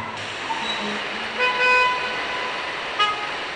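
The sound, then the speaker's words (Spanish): Steady traffic rumble fills the background while car horns honk in short bursts, one sustained blare in the middle and another brief toot near the end, amid a traffic jam at a street corner in Buenos Aires, recorded as a man waits six and a half minutes in a car. “En la siguiente cinta se ha grabado las reacciones de un hombre al esperar 6 minutos y medio en una esquina dentro de un auto en un embotellamiento.”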